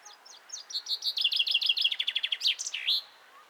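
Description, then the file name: Common chaffinch singing a bright, accelerating run of clipped notes that turns into a rapid repeated trill, finishing with a quick squeaky flourish. "Fringilla coelebs"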